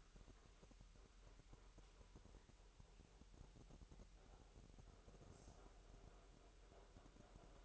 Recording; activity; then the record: daily activity, microphone in the room; make coffee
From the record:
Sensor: 3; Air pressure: 1001.9 hPa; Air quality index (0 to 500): 248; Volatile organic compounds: 52 ppm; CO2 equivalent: 3321 ppm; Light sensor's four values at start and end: 12/36/15/13 and 12/36/15/13